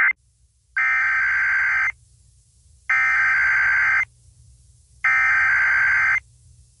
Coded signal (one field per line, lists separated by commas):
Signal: Emergency Alert System (SAME) tones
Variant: header bursts